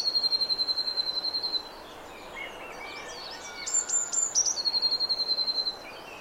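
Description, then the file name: Eurasian blue tit song: a fast, even trill, then a pause, then high thin notes and another long rapid trill. "Cyanistes caeruleus"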